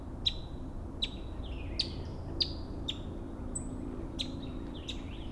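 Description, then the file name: Kentucky warbler: sharp, downslurred notes repeated at a bit under a second apart, fairly faint over a steady low rumbling background. Montgomery, Maryland, 12 June 2010. "Kentucky Warbler Montgomery MD 20100612"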